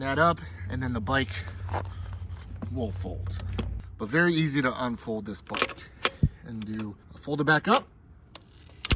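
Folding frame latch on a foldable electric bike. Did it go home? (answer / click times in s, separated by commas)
yes / 8.8 s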